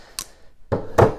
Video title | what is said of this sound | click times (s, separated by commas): How To Fix and Repair a Broken Wire Using Butt Connectors - Tutorial | put the little thing over the top and this all locks in place | 0.2 s, 1.0 s